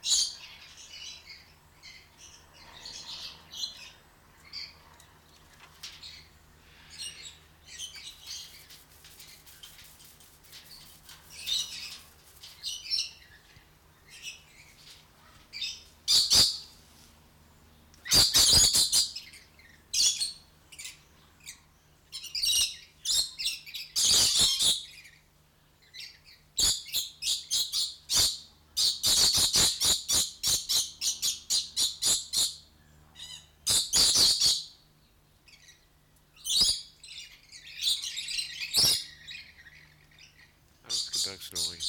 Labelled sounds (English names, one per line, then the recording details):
Coconut Lorikeet
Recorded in captivity
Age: adult
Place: Zoo Berlin, Berlin, DE
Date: 1993-08-28 10:17
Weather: 12-15°C, heiter
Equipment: Marantz CP 430, Sennheiser MKH 416 T, Kopie Uher Variocord 263
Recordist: Tembrock, Günter